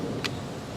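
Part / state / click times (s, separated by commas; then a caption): bulb socket into front side marker light housing / seated / 0.3 s. A bulb socket on a 2001 Lincoln LS is twisted clockwise into the plastic front side marker light housing and locks in. A single sharp click at 0.3 s marks it seating, over a steady low background rumble.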